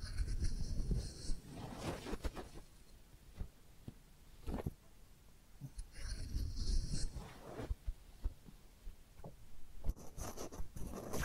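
Head massage and ear cleaning, heard as soft rubbing and muffled thumping with frequent sharp scratchy swipes at about 2, 4.5, 6 and 10 seconds. Bright crackly rustles sit high above a low, uneven rumble, and the texture keeps shifting rather than holding steady.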